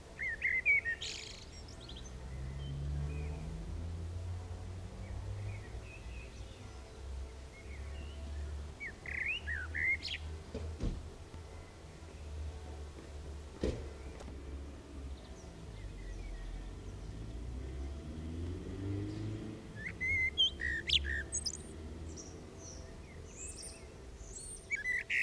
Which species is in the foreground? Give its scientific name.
Turdus merula